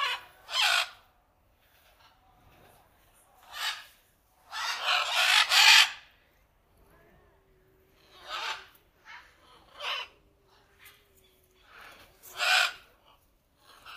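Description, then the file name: Macaw squawks: a run of loud, raspy screeches at uneven intervals, with one long grating burst in the middle. "2007 09 19 Aras"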